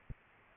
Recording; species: mosquito wingbeat signal from an infrared sensor; Aedes aegypti